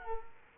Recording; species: mosquito wingbeat signal from an infrared sensor; Culex quinquefasciatus